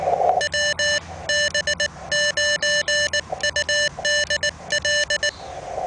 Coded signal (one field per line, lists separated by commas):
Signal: Morse code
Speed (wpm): 19 wpm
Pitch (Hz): 1800 Hz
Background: none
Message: WB9UDL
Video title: QRP (LOW-POWER) TWO-WAY RADIO CONTACT